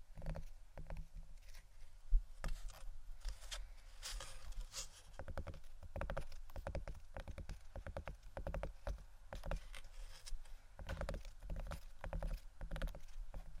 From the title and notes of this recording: ASMR Tapping & Scratching Wooden Items（No Talking）.